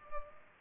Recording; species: mosquito wingbeat signal from an infrared sensor; Culex pipiens